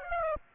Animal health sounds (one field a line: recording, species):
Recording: mosquito wingbeat signal from an infrared sensor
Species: Aedes aegypti